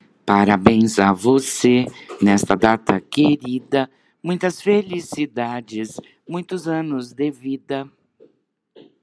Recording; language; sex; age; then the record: short text; Brazilian Portuguese; female; 60 to 69 years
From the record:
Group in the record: control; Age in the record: 62 years